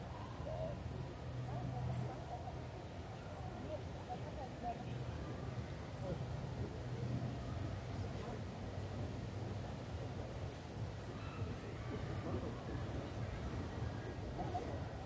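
Busy park crowd in Munich's Englischer Garten: steady murmur of passing voices and conversation fragments over a low, constant rumble, with no sudden events.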